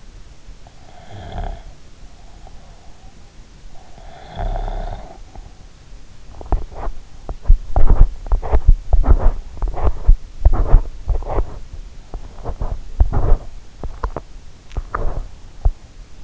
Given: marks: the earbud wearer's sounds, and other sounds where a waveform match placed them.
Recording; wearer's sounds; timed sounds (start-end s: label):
sounds in sleep by an in-ear microphone; snoring breath, body movement
0.79-1.89 s: snoring breath
3.94-5.64 s: snoring breath
6.35-16.24 s: body movement